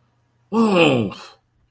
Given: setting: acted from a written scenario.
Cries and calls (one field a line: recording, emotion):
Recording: vocal sound without words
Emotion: negative surprise